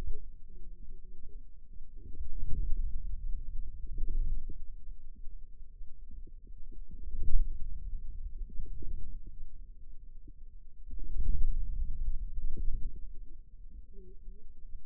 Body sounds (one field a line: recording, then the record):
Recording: forearm muscle sounds (acoustic myography)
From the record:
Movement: inward rotation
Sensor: system 2, bracelet of six BSWA MPA416 microphones around the upper forearm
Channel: 2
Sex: female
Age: 21 years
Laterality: right